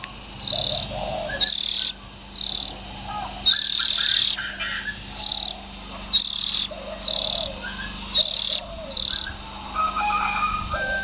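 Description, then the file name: Oriental magpie-robin short hissing rasps repeated in a long series, with softer notes between them. Young birds. "Tieng chim chich choe than non"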